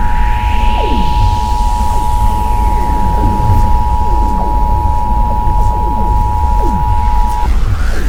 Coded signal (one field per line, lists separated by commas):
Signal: Emergency Alert System (SAME) tones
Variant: 853 and 960 Hz attention tone